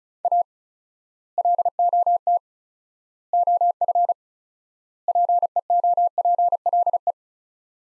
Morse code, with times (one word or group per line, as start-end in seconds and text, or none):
0.2-0.4 A
1.4-2.4 LOT
3.3-4.1 OF
5.1-7.1 PEOPLE